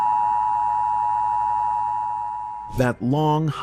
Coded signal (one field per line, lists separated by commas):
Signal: Emergency Alert System (SAME) tones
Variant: 853 and 960 Hz attention tone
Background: speech